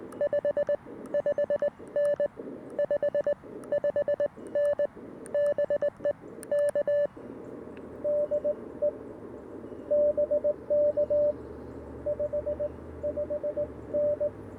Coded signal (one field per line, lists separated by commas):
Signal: Morse code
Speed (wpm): 19 wpm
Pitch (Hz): 590 Hz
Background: radio noise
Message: 55N 55N BE K DE BK 55N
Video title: My CW Secret Combo? CFT-1 & POTA PERformer 17' Whip